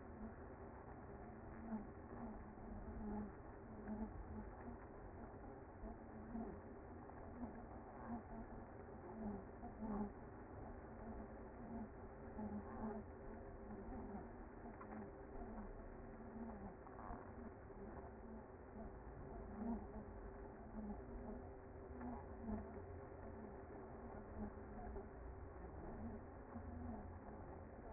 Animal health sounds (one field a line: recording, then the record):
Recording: honeybee colony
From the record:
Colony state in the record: active